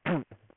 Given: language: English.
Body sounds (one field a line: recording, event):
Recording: throat vibration sensor signal played as sound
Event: throat clearing